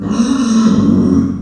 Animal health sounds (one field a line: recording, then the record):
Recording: squeal of a Yucatan mini pig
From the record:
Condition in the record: after surgery on the right vocal fold (resection and tissue-engineered implant)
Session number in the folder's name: 9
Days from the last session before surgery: 65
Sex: female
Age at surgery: 19 weeks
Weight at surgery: 25 kg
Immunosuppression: prednisolone